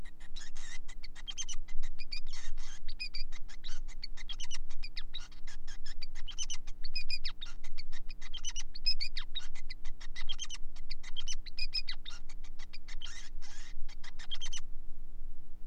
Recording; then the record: song of a male Bengalese finch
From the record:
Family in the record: son of father 5